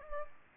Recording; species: mosquito wingbeat signal from an infrared sensor; Aedes albopictus